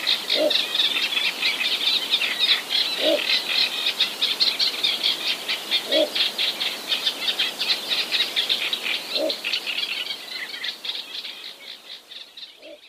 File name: ixobrychus minutus